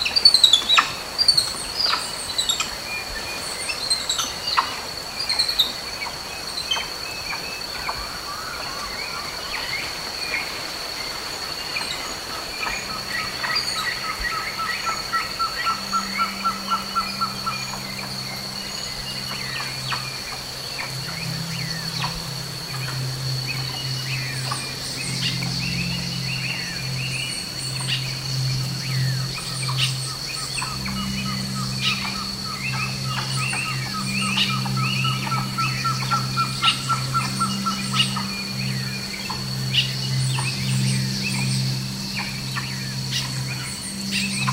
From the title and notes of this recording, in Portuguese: Uma confortável cabana em cima de uma bela e ancestral árvore na Serra da Bocaina (SP). A paisagem sonora que se escuta na copa de uma árvore.